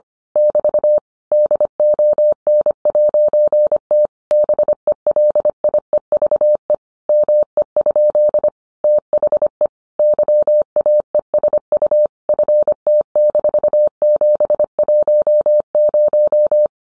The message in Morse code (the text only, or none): <BT> DON'T BELIEVE ME? THE YAESU FT-710